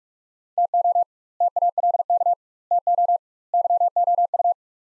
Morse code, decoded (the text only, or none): TO TALK TO YOU